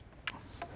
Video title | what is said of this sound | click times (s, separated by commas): Carbon Cleaning - How to Scrape and Walnut Blast your Intake Valves - MK7 VW GTI | make sure it clicks in. | 0.3 s